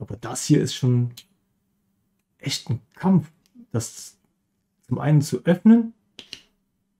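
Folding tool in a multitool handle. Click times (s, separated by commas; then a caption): 6.2 s. Someone talks while struggling to open a stiff folding tool on a metal pliers-type multitool. At 6.2 s it snaps into place with a sharp click and locks open.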